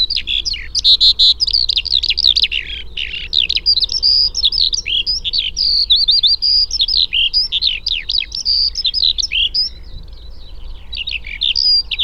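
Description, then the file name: Eurasian skylark song: fast, tumbling high twitters and rolled trills pouring out nonstop across the whole stretch. "alauda arvensis"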